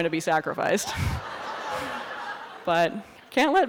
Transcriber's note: laughter